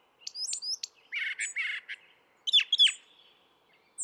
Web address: songs Brown Thrasher